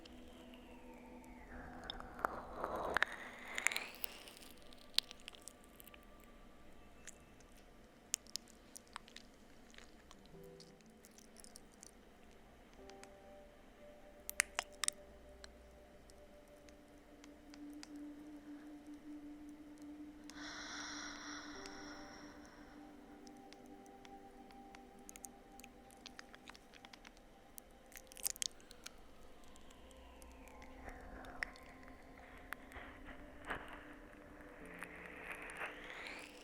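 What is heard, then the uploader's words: Slow ear licks and kisses: soft wet smacks and crackles arrive sparsely, with sharper clicks near 14 seconds and around 28. Whooshing brushes rise around 3 seconds and again after 30, over a steady low hum throughout. ASMR Slow Ear LicksKisses.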